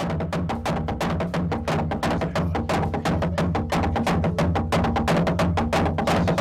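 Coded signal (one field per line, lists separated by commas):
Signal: drum signal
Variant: garamut slit drums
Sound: fast, continuous, resonant wooden drum strokes, several per second, deep booming undertone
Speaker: Los enormes garamut anuncian el comienzo de la ceremonia nada más caer el sol.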